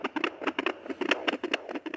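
Rapid rhythmic whooshing pulses, about 140 a minute: a fetal heartbeat picked up on a home Doppler.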